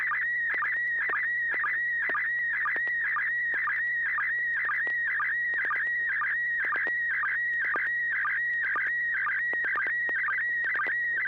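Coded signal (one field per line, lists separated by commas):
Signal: SSTV (slow-scan television)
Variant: PD120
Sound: warbling high tone with regular short low blips, twice a second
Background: low steady hum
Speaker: All right, this will be PD 120.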